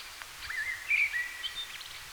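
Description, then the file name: Common blackbird soft warbled song phrase: mellow whistled notes rising and falling, with a brighter note near the middle, over faint hiss. "Turdus merula"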